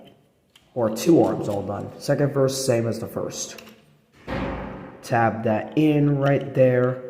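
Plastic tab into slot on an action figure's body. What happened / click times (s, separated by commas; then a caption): The plastic tab is being handled but has not snapped home yet / none. During transformation of a Transformers Studio Series 69-66 Overload action figure, a plastic tab is handled and pushed toward its slot on the figure's body while someone talks throughout. Nothing has seated or clicked into place yet.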